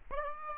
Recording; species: mosquito wingbeat signal from an infrared sensor; Aedes aegypti